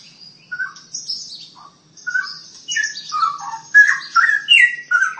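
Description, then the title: Long-tailed shrike song: a varied run of short chirps and slurred notes, high thin whistles at first, then louder lower phrases in quick succession. "Kicau Burung Pentet"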